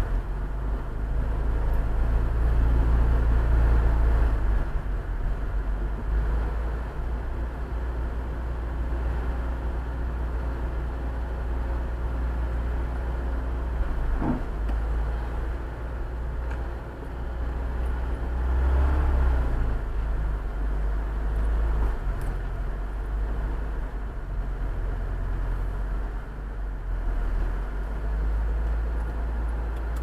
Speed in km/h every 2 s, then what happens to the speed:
2, 6, 11, 12, 9, 7, 4, 3, 3, 1, 1, 1, 3, 3, 4.
0-5 pulls away to 12. 5-17 slows to 1. 17-23 standing. 23-30 steady at about 3.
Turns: none.